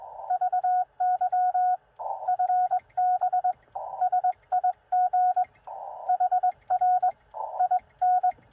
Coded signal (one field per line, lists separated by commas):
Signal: Morse code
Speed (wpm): 21 wpm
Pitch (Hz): 720 Hz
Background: none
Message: VY FB SIG HR IN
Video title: Bug POTA Activation QRP with ham stick and battery (also see description below)